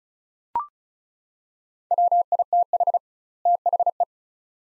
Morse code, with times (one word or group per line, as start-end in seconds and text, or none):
1.9-3.0 WITH
3.5-4.0 THE